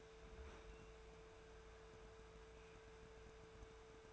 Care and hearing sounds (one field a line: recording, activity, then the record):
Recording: daily activity, microphone in the room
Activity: open fridge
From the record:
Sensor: 2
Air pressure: 1014.8 hPa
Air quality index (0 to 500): 196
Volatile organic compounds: 17 ppm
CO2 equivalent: 2589 ppm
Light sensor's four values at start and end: 27/65/28/31 and 27/65/28/31